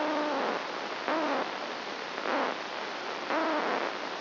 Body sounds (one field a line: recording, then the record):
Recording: brain microelectrode recording played as sound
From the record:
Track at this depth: outside the subthalamic nucleus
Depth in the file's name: 0.114 mm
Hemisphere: right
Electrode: 2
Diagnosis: Parkinson's disease